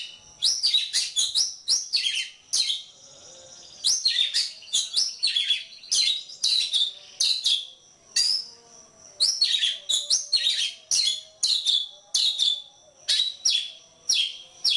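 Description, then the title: Oriental magpie-robin singing rapid clusters of high, bright descending whistles and chips, bursts tumbling one after another with brief pauses between. Kacer poci form; national champion competition bird; chatty (gacor) singer using nembak (shooting) and ngerol (rolling) song styles; seven song types every three minutes. "Kacer Poci Gacor Nembak Dan Ngerol Juara Nasional. 7 macam suara kacer setiap 3 menit"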